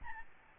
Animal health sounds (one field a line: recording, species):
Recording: mosquito wingbeat signal from an infrared sensor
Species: Aedes albopictus